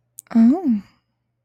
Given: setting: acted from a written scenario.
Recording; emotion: vocal sound without words; romantic love